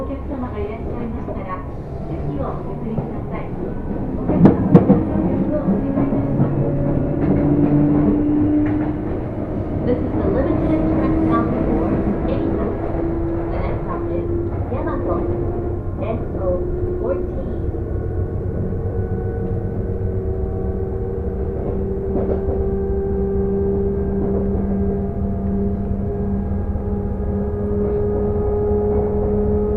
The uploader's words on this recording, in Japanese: 耳で楽しむ鉄道旅 武蔵小杉→二俣川→大和。武蔵小杉からは相鉄直通線で羽沢横浜国大を通りながら二俣川まで移動し、特急に乗り換えて大和へと向かいます。